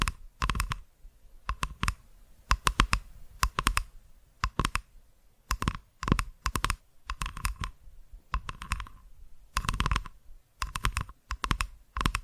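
Quick tapping in short clustered bursts of sharp, crisp clicks, recurring about once a second with brief quiet gaps and a faint steady hum underneath.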